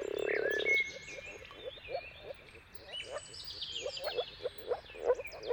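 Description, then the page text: Moor frog calls: a brief fast blurred run, then short bubbling croaks repeated about twice a second, with birds whistling and trilling. Mating-call chorus of moor frogs at sunrise, at the turn of March and April depending on the weather. "earth-fm moor frogs. Dawn’s Chorus: Mating Calls of Marsh Frogs at Sunrise. Depending on the weather at the turn of March and April, you can witness an amazing spectacle of moor frogs"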